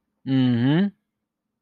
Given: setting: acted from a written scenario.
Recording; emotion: vocal sound without words; pride